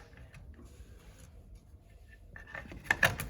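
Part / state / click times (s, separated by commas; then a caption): cap or hose fitting onto RV sewer outlet bayonet ears / seated / 2.9 s, 3.0 s. A cap or sewer hose fitting is twisted onto the two bayonet ears of the sewer outlet on a 2018 Forest River Crusader 28RL RV. After a quiet stretch and a few soft handling knocks, two sharp clicks sound at 2.9 s and 3.0 s as it locks into place, seated.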